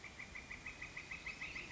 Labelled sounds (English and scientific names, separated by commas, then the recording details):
Northern Flicker (Colaptes auratus)
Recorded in Sonoma County, California